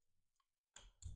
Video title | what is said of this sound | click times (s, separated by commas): Clean your SHEARING handpiece with Tienie - maintenance | Listen for the click. | 0.8 s, 1.0 s